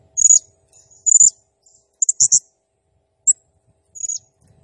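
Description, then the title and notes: Blue-crowned hanging parrot giving shrill high squeaks and a fast cluster of chirps. Local name serindit; lively nembak gacor singing; recording used as masteran, a lure and training sound for other birds. "Burung Serindit Nembak Gacor Bikin Emosi Semua Burung. Suara Nasteran Dan Pemikat Burung Serinditan Gacor"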